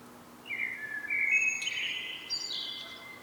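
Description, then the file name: Common blackbird singing a single phrase of flute-like notes climbing into a high, squeaky twittered finish. "Turdus merula"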